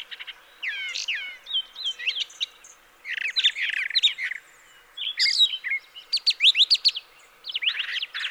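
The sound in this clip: Brown thrasher song: loud, varied phrases of descending slurs, buzzes and quick stuttered notes, grouped in bursts with short gaps.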